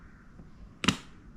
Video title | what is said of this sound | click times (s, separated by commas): BREAKING!!! ITS INJURY TIME!!!😱😱HOSPITAL TIME IS HERE🙏🙏 | Hear the clicking sound? | 0.9 s